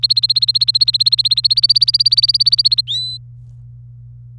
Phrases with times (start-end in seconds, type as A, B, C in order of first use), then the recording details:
0.00-2.82 A, 2.88-3.18 B. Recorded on 27 April 2018 at 06:43. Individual llb3